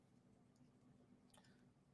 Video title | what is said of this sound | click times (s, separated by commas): Deals, Gift Ideas + Giveaways with Clown Live #giveaway #amazonlive #shoppingdragons | uh pretty easy pretty easy I just had to line it up and then push it back into place and maybe you heard that click | 1.3 s